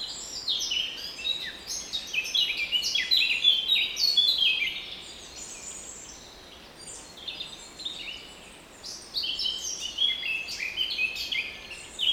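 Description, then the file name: Eurasian blackcap song: a fast warble of many high notes, a pause, then another rapid warbling phrase. "Sylvia atricapilla"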